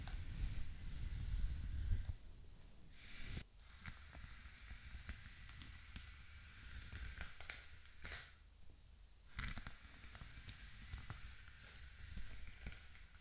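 Hair brushing and scalp scratching: dense, scratchy strokes and crackly bristle sounds run throughout, with a low rumble that is heavier in the first two seconds. Sharper brush strokes stand out around 3.5, 8 and 9.5 seconds amid steady soft hiss.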